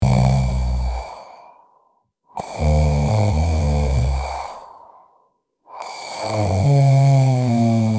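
Three loud, low, rumbling snores from an adult come in slow, fairly regular cycles of about 16 a minute, each fading out before a brief silent pause. This is ordinary snoring from vibration of the relaxed upper airway during sleep.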